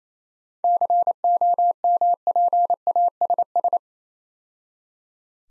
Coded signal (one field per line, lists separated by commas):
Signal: Morse code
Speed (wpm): 28 wpm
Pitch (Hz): 700 Hz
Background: none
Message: COMPASS